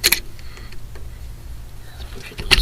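A retaining clip on the e-brake cable end is pushed into place on the rear disc brake caliper bracket of a VW Type 3; the clip is what stops the cable from coming loose. Two sharp, loud snaps come in quick succession at about 0.1 s as the clip seats, followed by quiet handling noise and another loud hit near 2.5 s. The clip is confirmed seated.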